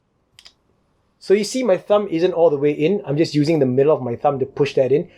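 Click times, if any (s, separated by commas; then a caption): 0.4 s. A plastic shell is pushed into a Spring Thunder foam toy blaster shotgun with the middle of the thumb, giving a single short click at 0.4 s. This is only the first of the two required clicks, so the shell is not yet fully home. Someone then talks.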